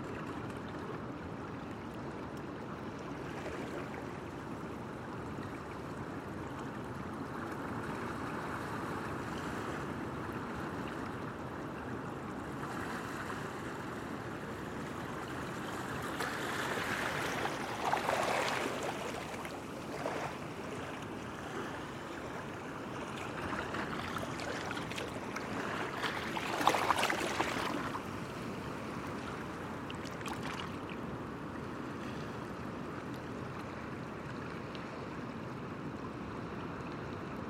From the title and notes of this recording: Cape Disappointment State Park in Washington. The rocky headland near Beards Hollow.